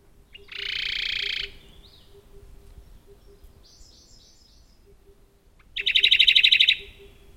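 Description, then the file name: Radde's warbler giving a harsh, hissy burst, then a few soft high notes, and a rapid, rattling trill of repeated notes near the end. "warbler-radde -Phylloscopus-schwarzi"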